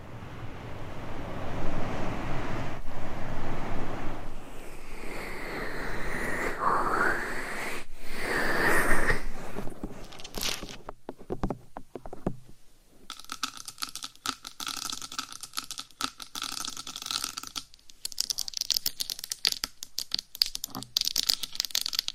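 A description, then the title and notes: Scratching and rubbing right against a microphone, loud. The first half is a dense, rough scraping with swooping whistly streaks around seven to nine seconds; after a brief near-silence, quick, clicky, irregular scratches like fingertips tapping and scraping continue to the end. ASMR Mic Scratching Battle with 100 Different MICS ! Bare VS Foam VS Fluffy Covers No Talking. Mic Scratching Battle with 100 Different MICS ! Bare VS Foam VS Fluffy Covers.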